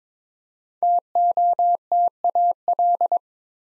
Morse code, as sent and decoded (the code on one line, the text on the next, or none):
- --- - .- .-..
TOTAL